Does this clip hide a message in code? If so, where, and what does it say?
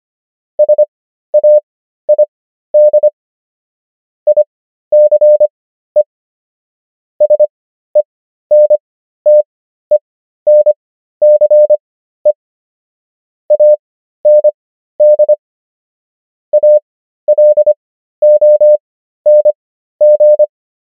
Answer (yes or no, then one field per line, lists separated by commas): yes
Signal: Morse code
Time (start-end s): 0.6-20.4 s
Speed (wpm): 25 wpm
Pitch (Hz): 600 Hz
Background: none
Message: SAID ICE SENTENCE AND ALONG